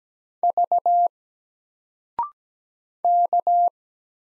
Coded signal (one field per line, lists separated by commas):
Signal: Morse code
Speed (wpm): 17 wpm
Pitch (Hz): 700 Hz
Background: none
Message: V K